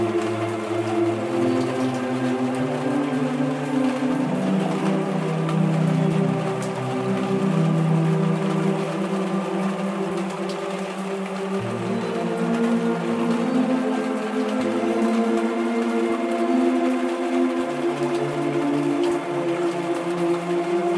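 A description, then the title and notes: Soft symphonic music holds long, low sustained chords that shift every few seconds, over a steady, faint patter of raindrops on leaves. Soothing sleep music and calming rain sounds. In this episode, we feature soft symphonies, accompanied by the gentle sounds of raindrops falling on leaves.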